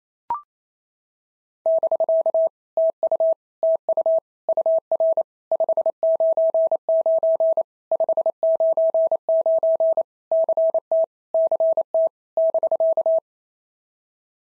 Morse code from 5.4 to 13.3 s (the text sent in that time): 599 599 CT CT <BK>